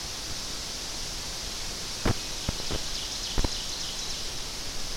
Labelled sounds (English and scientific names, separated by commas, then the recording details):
Ovenbird (Seiurus aurocapilla) song
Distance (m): 75 m
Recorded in boreal forest in Alberta, Canada, on 10 June 2016 at 07:47
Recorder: SongMeter 3, array SBT-3-39
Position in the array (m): 324 m, 145 m
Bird 19